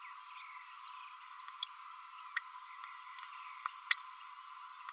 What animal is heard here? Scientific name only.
Forpus passerinus